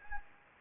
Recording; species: mosquito wingbeat signal from an infrared sensor; Anopheles gambiae